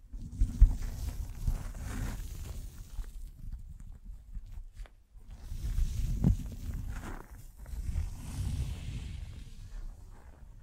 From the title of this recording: Mic Brushing and Scratching